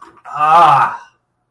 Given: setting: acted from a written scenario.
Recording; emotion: vocal sound without words; pain